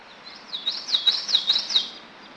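Bird chirps: a quick run of several high chirps over faint background hiss.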